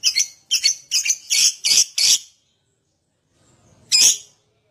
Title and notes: #5. LOVEBIRD GACOR OWOR OWOR. Lovebird Dewasa